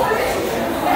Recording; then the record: background sound without coughing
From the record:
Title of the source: 40 min - Ambience sounds UNIVERSITY lunchroom chatting